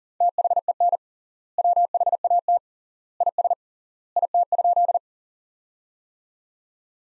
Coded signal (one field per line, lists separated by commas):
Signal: Morse code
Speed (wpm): 37 wpm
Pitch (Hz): 700 Hz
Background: none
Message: THEN WHAT IS IT?